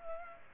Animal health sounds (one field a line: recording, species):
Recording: mosquito wingbeat signal from an infrared sensor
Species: Culex pipiens